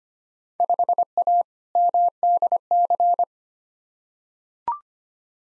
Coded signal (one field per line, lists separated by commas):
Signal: Morse code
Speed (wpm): 25 wpm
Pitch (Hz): 700 Hz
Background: none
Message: 5A MDC